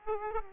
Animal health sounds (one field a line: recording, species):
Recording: mosquito wingbeat signal from an infrared sensor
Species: Aedes aegypti